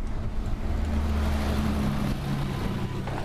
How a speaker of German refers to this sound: Ha, dafür fährt hier gerade ein Bus. Komisch, immer wenn ich hier bin, fährt hier ein Bus. Ich muss manchmal nur ein bisschen warten, bis ein Bus kommt.